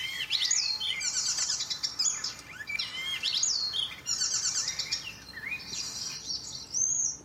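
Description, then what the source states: Icterine warbler song, a fast, varied stream of high chattering and whistled phrases with sweeping notes. Song packed with rapid imitations of common swift, barn swallow, Eurasian reed warbler, common tern and a few African species.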